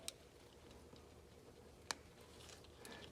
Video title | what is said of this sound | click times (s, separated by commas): How to replace a John Deere 1025R Hazard Brake Light | want to hear them snap in | 1.9 s